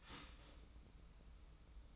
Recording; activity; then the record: daily activity, microphone in the room; start toaster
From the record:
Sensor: 1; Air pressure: 990.7 hPa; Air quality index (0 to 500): 144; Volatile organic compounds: 884 ppm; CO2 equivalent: 5196 ppm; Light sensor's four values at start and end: 27/64/27/29 and 27/64/27/29